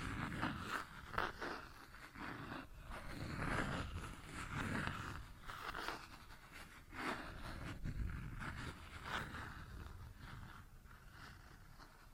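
Plastic objects are tapped and scratched in an irregular, busy pattern, with sharp clicks and rasping strokes scattered throughout. Brighter scraping bursts stand out around one, three, seven and nine seconds. A low rumble sits underneath the whole time.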